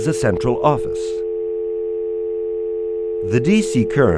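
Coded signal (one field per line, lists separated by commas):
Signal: telephone call progress tone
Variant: North America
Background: speech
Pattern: dial tone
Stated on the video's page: Tone from the LabVolt Series 8086 telephony training system.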